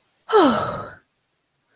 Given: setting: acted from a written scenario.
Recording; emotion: vocal sound without words; relief